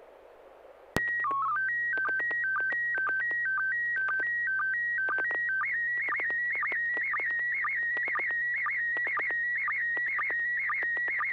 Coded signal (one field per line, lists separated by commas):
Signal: SSTV (slow-scan television)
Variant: PD 120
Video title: N6NA SSTV Net - 12/20/2023